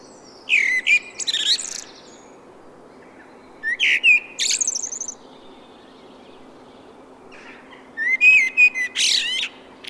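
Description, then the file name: Common blackbird singing three separate phrases a few seconds apart, each a warbled whistle ending in high, scratchy twitters, with quiet pauses and faint background hum between them. "Turdus merula"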